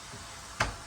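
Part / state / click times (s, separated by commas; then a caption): window screen latch into window frame / not seated / none. A window screen is pushed up into its window frame and its spring levers are worked, with a single sharp knock at 0.6 s over a low, steady background. The latch has not caught, because the screen is not pushed all the way to the top of the frame.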